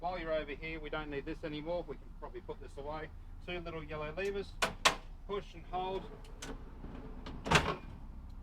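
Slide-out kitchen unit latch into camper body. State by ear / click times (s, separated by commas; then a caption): seated / 7.3 s, 7.5 s. Someone talks while pushing and holding two small yellow levers to move a folding slide-out kitchen unit back into a camper body. Latch clicks sound at 7.3 s and 7.5 s, and the kitchen unit is back and locked in place.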